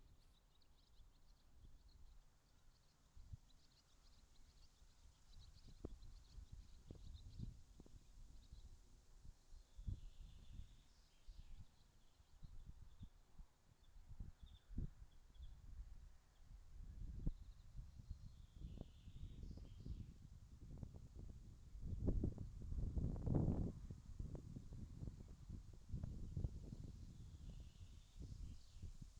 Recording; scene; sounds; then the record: everyday scene through a hearing-aid microphone; wind on the microphone; gentle breeze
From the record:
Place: in front of a rural house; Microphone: in the ear canal, left